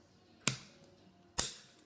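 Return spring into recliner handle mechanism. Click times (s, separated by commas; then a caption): 0.5 s, 1.4 s. A return spring coming up from underneath a recliner handle mechanism is pushed down until it locks in. Two loud, sharp snaps ring out at 0.5 s and 1.4 s with a faint tick between them, and the spring is seated and locked.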